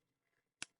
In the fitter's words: opening is with the nail neck right there and locks in place pretty nice